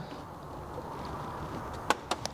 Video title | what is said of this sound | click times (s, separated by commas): Valve Adjustment on Vespa LX150 or ET4 150 | that snap that's uh the spark plug socket snapped in place | 1.9 s, 2.1 s, 2.2 s